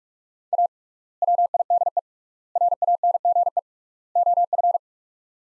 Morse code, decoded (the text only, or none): A WIDE RANGE OF